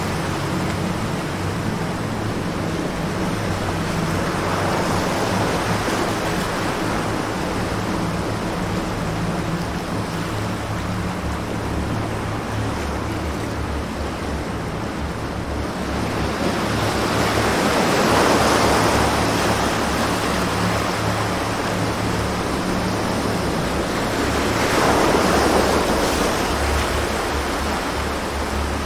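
Sea sounds: a constant wash of surf fills the clip, with waves swelling louder around 5, 18 and 25 seconds before easing back. A low, steady hum with faint tonal bands runs beneath throughout, possibly soft music or machinery.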